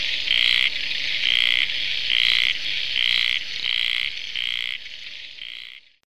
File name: Phrynobatrachus natalensis